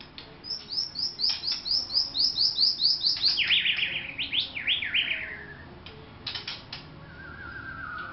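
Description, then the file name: White-rumped shama song: a fast run of short rising whistled notes, then loud swooping slurred phrases and a falling whistle, with clicks and faint twitters behind. Vietnam. "shama vietnam omkicau"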